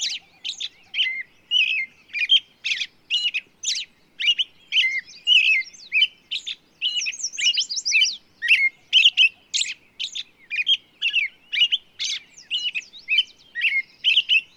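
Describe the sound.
Bird song: a long run of quick, varied chirps and short buzzy notes, nearly two a second, with a brief whistled trill low in the background.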